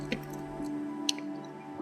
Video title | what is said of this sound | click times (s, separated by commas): STEDI Boost LED Driving Lights - Type B Fog Light - Install Guide | you want to click it into place | 1.1 s